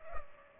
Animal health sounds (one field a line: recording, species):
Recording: mosquito wingbeat signal from an infrared sensor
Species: Culex pipiens